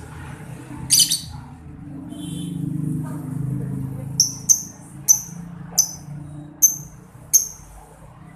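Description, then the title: Lovebird chirps: a harsh high burst and a faint tonal note, then a series of sharp, high, downward chip notes toward the end. Masteran therapy recording meant to make a labet lovebird quickly produce long ngekek (ngekek panjang). "Kicau Lovebird SUPER GILA !!! Terapi Masteran LABET Terbaik Agar Labet Cepet NGEKEK PANJANG"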